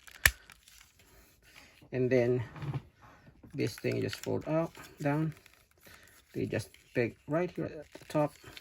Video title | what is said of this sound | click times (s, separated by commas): Transformers Legacy Commander Class Motormaster | then peg it in until you hear that awful snap that I really don't like. | 0.3 s